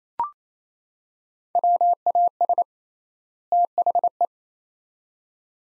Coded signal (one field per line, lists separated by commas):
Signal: Morse code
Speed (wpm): 28 wpm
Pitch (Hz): 700 Hz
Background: none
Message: WAS THE